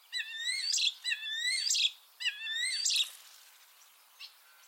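Common starling call, three rising whistled phrases merging into harsh buzzy bursts, repeated about once a second, then quiet.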